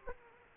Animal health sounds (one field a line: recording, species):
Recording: mosquito wingbeat signal from an infrared sensor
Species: Aedes aegypti